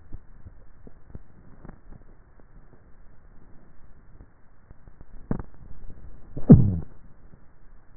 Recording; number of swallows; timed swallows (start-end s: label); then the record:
swallowing sounds by neck microphone; 2
0.12-0.82 s: swallow
5.15-5.80 s: swallow
From the record:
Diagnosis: dysphagia